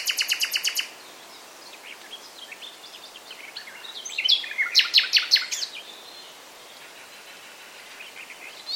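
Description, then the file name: Common nightingale song: a fast series of loud, repeated sharp notes for about a second, then a pause and a burst of rapid notes. "Luscinia megarhynchos"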